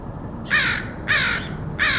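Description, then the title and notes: Crow giving three coarse, hoarse caws in a row, the last cut off at the end. Crows recorded in Portland, Oregon, in August 2003. "Dronecast: Crows of Portland. Crows recorded by Dan Bodah in Portland, OR, August 2003"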